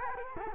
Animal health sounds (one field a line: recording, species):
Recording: mosquito wingbeat signal from an infrared sensor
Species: Culex quinquefasciatus